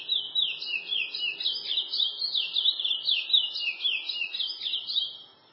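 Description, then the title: Chestnut-bellied seed finch song, a long continuous run of rapid warbled and twittering notes, high and varied, rising and falling without pause. "Canto De Curio"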